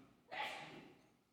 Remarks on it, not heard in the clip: That deserved a bless you. And I can appreciate a sneeze like that.